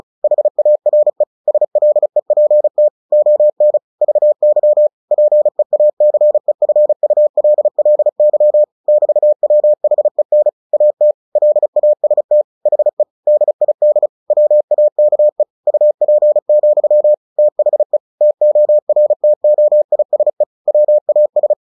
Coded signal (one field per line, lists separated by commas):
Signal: Morse code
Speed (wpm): 36 wpm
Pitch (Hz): 600 Hz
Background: none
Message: HARE SLEPT ON VY PEACEFULLY <BT> WHEN AT LAST HE DID WAKE UP, THE TORTOISE WAS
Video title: CW short story/Headcopy practice 35WPM. Tortoise and the Hare